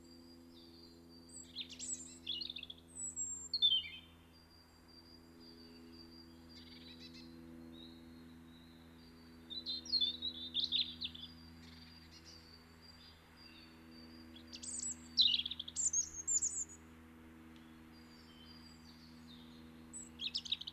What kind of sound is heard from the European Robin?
song